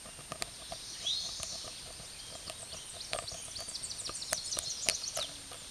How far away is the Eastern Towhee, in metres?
about 20 m